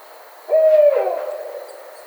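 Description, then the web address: Barred owl hoot: one clear level note held briefly, then dropping away into a softer, descending ending before quiet returns. Recorded 10 May 2009. "Barred Owl 2009 05 10"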